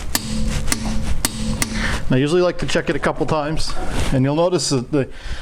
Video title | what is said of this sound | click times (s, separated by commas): Putting Snow Tires on the VW Jetta | and we go until we hear it click | 0.2 s, 0.7 s, 1.2 s, 1.6 s